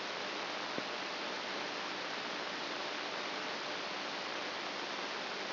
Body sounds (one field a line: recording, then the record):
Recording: brain microelectrode recording played as sound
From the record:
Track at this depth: outside the subthalamic nucleus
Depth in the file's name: 0.842 mm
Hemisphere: left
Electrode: 2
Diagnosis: Parkinson's disease